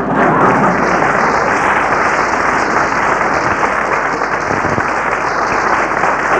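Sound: audience applause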